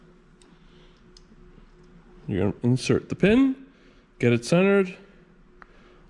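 A black plastic oil pump gear is positioned on the left side of the suction pump on a Sea-Doo Spark Rotax 900 ACE personal watercraft engine, with its pin being handled before the gear is pushed onto the pump shaft. Faint ticks are heard at about 0.4, 1.2 and 5.6 seconds while someone talks. Nothing has seated or clicked yet.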